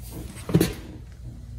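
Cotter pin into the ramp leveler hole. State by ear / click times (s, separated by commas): not seated / none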